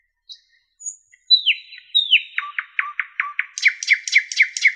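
Common nightingale song: soft notes, then descending slurs that speed up into a fast run of repeated notes.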